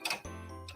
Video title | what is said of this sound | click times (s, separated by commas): Introduction to Durkee Quilt/Border Frames - Echidna Sewing | and clicking it until it snaps into place once it's snapped into place | 0.1 s